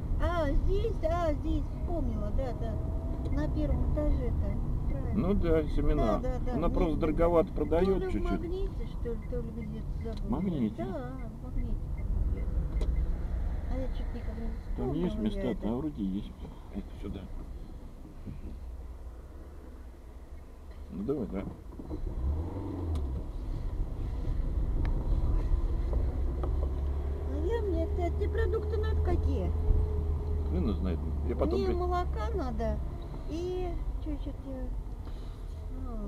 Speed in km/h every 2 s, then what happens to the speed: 23, 24, 25, 23, 16, 12, 10, 5, 0, 0, 0, 0, 11, 15, 16, 15, 12, 9.
0-5 steady at about 24. 5-16 slows to 0. 16-22 standing. 22-27 pulls away to 16. 27-36 slows to 9.